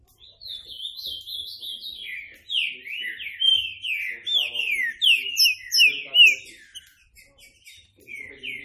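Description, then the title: Green-winged saltator song of repeated, full, downslurred whistles in a steady rhythmic run, trailing off into softer notes. Classic song style, training recording. "Canto Clássico Trinca Ferro TREINAMENTO"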